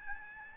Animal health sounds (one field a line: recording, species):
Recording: mosquito wingbeat signal from an infrared sensor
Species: Aedes albopictus